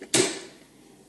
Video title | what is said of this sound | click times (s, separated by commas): Review And Unbox Hamilton Beach FlexBrew Coffee Maker Coffee Machine 2019 | it hit click again and | 0.1 s